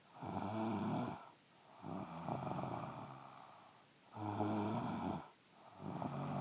Female Snoring.